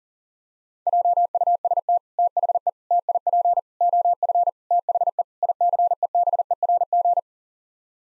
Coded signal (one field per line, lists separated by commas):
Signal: Morse code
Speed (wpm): 40 wpm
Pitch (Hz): 700 Hz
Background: none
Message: JUST THE TIP OF THE ICEBERG